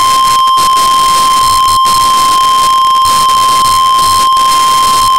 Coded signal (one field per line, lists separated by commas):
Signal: Emergency Alert System (SAME) tones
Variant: 1050 Hz attention tone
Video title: Real NOAA Weather Radio EAS Alert #133